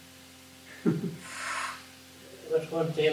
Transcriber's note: general sharp intake of breath